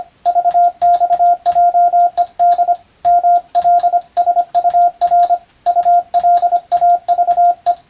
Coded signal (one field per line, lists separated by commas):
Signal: Morse code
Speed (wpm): 25 wpm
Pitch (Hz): 700 Hz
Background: radio noise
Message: VXJED MLSUR ULAVE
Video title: スマホ時代の今でも行われているモールスの国家試験の練習風景です。通信技術の原点！アマチュア無線ハムの受信練習にもどうぞ(morse code practice for radio operator )